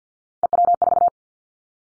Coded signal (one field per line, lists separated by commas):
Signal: Morse code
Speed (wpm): 50 wpm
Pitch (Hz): 700 Hz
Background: none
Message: EW4